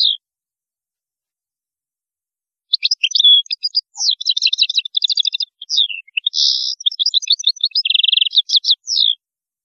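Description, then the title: European goldfinch song: a long, continuous rush of jangling twitters, rapid tinkling notes and buzzy trills lasting over six seconds. "Chant Chardonneret"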